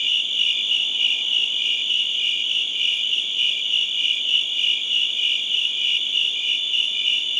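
Crickets chirping, a bright high-pitched drone pulsing steadily from start to end.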